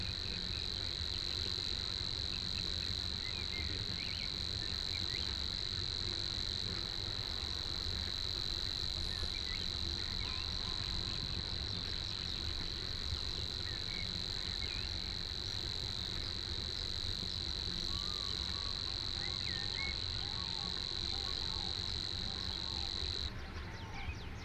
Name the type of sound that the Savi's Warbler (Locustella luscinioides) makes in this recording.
song